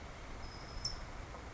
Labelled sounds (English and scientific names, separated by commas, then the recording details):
California Towhee (Melozone crissalis)
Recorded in Sonoma County, California